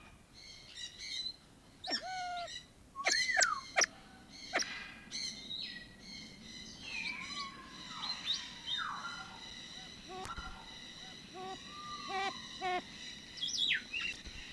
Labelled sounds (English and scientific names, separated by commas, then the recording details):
Siamese Fireback (Lophura diardi) call
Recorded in captivity
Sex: pair
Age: adult
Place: Zoo Halle, Sachsen-Anhalt, DE
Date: 1987-04-11
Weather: fair, 7-10°C
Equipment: Nagra SN, Kopie Tesla B 116
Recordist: Tembrock, Günter